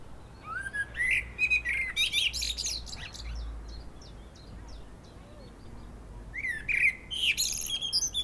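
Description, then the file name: Common blackbird sings two phrases, each a rising flute-like whistle trailing into high, thin squeaky twitters, with faint chipping between them. "Turdus merula"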